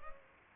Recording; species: mosquito wingbeat signal from an infrared sensor; Culex pipiens